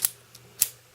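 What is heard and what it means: Pressing down on the release of an action figure's toy axe makes its plastic blade pieces flip up and spring open. Two sharp clicks sound at 0.1 s and 0.6 s, with a faint tick at about 0.35 s between them. The blades are released.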